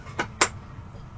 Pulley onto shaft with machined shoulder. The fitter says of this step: the same pulley has a machined the same thing so you put right over it clicked in